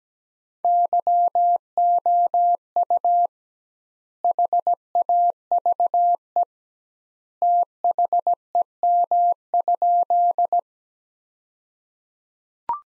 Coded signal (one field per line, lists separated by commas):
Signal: Morse code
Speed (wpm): 17 wpm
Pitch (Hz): 700 Hz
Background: none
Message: YOU HAVE THEM?